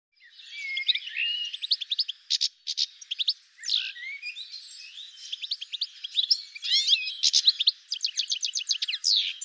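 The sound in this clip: Bird singing a long, varied warble of sharp chirps, slurred whistles and quick rattling trills, continuous throughout with no other sounds.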